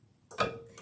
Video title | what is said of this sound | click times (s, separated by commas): Lets Check out the Eenour Tumbler Press and how to Press a Tumbler -Crafting with Mama Sue and Bella | until it clicks so you want that to um click | 0.3 s, 0.4 s